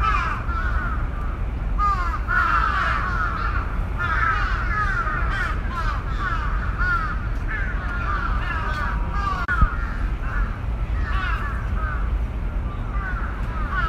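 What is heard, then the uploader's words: Crows caw repeatedly over a steady low rumble of city traffic, their rough calls clustering in bursts around two, four to six, and eight to ten seconds. Several birds overlap, and a sharp knock sounds near the ninth second. Tokyo Crows.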